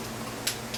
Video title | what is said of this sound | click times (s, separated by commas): Installing Cylinder Head on Rolls-Royce 20-25 | This is a click stop type torque wrench. You hear it click. | 0.5 s